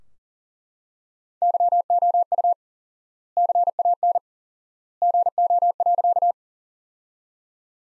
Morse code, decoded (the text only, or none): YOU CAN GO.